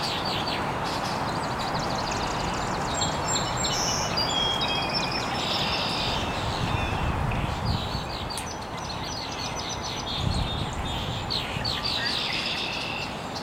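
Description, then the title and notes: Many birds chirping at once, a busy tangle of short high notes and trills, over strong steady background noise with low rumbles. Birds chirping very early in the morning in an estuary. "Birds Chirping in the Early Morning. Original sounds of birds chirping very early in the morning in an estuary"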